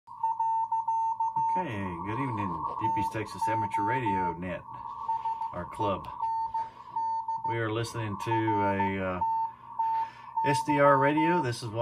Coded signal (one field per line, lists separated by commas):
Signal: Morse code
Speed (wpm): 15 wpm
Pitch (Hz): 900 Hz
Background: speech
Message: . TO SEND RTTY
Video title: RTL-SDR (software defined radio) demo